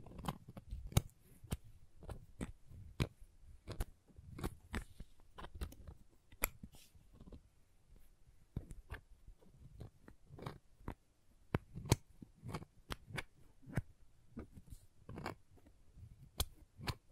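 Crayons tap and click in an irregular stream of sharp, bright strikes, several per second, with a few heavier knocks near the start and around twelve seconds. Between the taps, soft low scraping and rubbing, like carving or drawing, fills the gaps.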